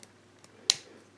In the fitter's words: it locks there for the butterfly joint and then it